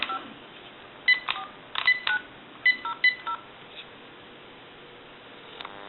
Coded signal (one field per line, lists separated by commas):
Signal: DTMF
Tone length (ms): 90 ms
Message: 54900